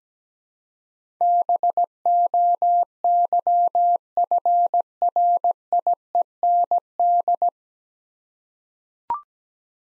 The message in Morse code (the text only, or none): BOYFRIEND